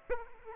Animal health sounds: mosquito wingbeat signal from an infrared sensor; Aedes aegypti

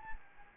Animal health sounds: mosquito wingbeat signal from an infrared sensor; Anopheles gambiae

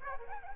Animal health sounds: mosquito wingbeat signal from an infrared sensor; Aedes aegypti

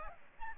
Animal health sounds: mosquito wingbeat signal from an infrared sensor; Aedes albopictus

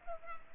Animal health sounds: mosquito wingbeat signal from an infrared sensor; Culex pipiens

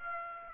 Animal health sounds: mosquito wingbeat signal from an infrared sensor; Aedes aegypti

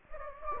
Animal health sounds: mosquito wingbeat signal from an infrared sensor; Anopheles gambiae

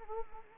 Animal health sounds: mosquito wingbeat signal from an infrared sensor; Anopheles arabiensis

